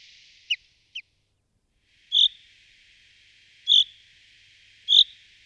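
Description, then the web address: Common chaffinch calls: two short falling notes, then three loud, sharp high notes spaced well apart, over a steady high hiss. "Ptichki. Zuablik"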